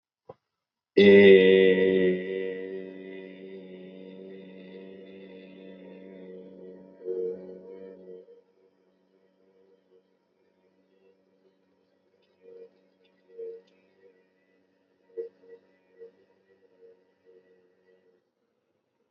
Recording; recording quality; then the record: sustained vowel as in made; excellent, no background noise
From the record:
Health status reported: healthy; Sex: male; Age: 26 years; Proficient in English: yes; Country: India